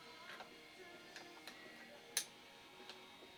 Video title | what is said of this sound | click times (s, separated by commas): Smith & Wesson 4006 (40 S&W) Complete Assembly Part 3 of 4 (Slide Assembly) | press it in until it clicks. | 2.2 s